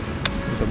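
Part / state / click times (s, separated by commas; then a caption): plastic buckle of a rafting life jacket strap / seated / 0.3 s. A rafting guide fastens the plastic side-release buckle on the strap of a life jacket worn by a rafter, and the buckle snaps shut with a sharp, short click at 0.3 s over steady background noise. The buckle is seated and closed.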